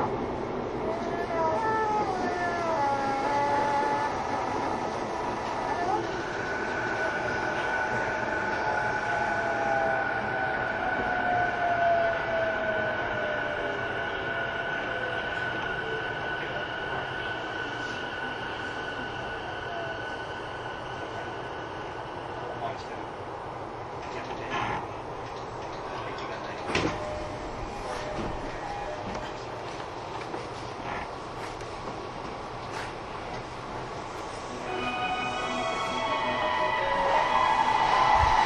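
Running sound of a Sotetsu–Saikyo Line through train, a steady rumbling ride with a continuous low roar and level loudness throughout. Sustained whining tones rise and fall gently as the motors work, with a sharp clunk near 27 seconds and brighter squeals toward the end.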